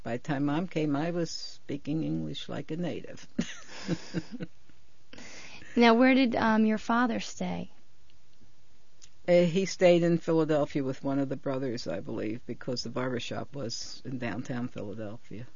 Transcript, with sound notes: By the time mom came I was speaking English like a native. ( she laughs )
Now, where did your father stay?
He stayed in Philadelphia with one of the brothers, I believe, because the barber shop was in downtown Philadelphia.